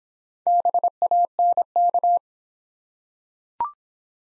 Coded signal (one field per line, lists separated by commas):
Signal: Morse code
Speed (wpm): 26 wpm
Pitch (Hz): 700 Hz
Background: none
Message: BANK